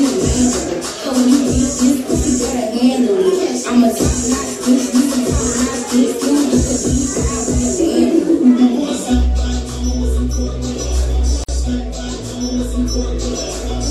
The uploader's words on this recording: Central 111 Virginia Beach Party Cam. The lively sounds from within Central 111.